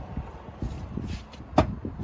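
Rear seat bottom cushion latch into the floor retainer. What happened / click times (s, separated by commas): The seat latch clacked home / 1.6 s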